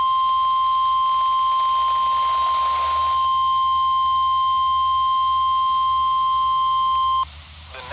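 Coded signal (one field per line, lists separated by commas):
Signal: Emergency Alert System (SAME) tones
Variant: 1050 Hz attention tone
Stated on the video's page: Severe thunderstorm warning SAME tones from NOAA weather radio transmitter on 162.500 MHz at Mount Jefferson, NC, received about 82 miles away.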